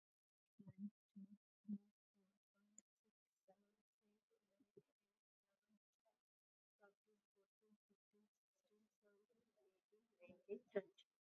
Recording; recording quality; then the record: counting at a normal pace; moderate, slight background noise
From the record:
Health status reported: COVID-19 positive, mild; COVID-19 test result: positive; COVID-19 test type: RT-PCR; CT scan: taken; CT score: 4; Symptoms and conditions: muscle pain, diabetes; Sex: female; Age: 59 years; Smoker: no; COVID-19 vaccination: both doses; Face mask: worn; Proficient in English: yes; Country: India